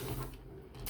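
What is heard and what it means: A plastic panel on a transforming robot toy is pushed down into the toy robot body, with soft plastic handling and low rumbling before it clicks in underneath at 0.9 seconds. The panel seats solidly.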